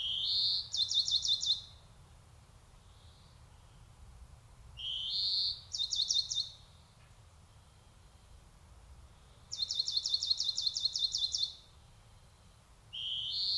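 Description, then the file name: European greenfinch repeating phrases of a rising nasal wheeze followed by a fast rattling trill, then one longer trill on its own, with quiet gaps of a few seconds between. "Chloris chloris"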